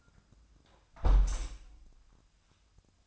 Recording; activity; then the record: daily activity, microphone in the room; close window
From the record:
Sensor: 2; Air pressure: 1004.5 hPa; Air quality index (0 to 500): 113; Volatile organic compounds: 3 ppm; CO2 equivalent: 1369 ppm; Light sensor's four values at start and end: 6/14/6/6 and 6/14/5/6